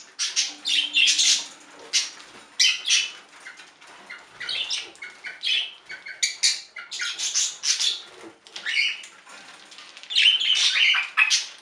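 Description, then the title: Budgerigar chatter, irregular bursts of high scratchy chirps and squeaky notes, with a faint low hum early on. "Budgie Sounds"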